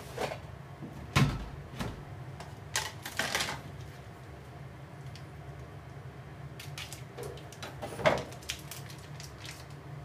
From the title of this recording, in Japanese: 料理の音